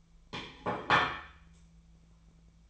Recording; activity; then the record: daily activity, microphone in the room; place plate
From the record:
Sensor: 1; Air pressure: 1009.4 hPa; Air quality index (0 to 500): 196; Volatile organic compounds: 20 ppm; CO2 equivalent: 2683 ppm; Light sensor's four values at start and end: 27/70/29/35 and 27/70/29/34